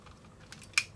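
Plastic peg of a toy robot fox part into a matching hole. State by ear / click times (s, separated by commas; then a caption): seated / 0.8 s. A plastic peg of a toy robot fox part is lined up with its matching hole and pushed in. Faint handling and small taps lead to one sharp, bright click at 0.8 s as the peg pops into the hole and seats.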